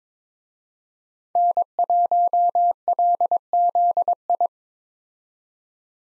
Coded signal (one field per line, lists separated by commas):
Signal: Morse code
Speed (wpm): 21 wpm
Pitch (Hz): 700 Hz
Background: none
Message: N1LZI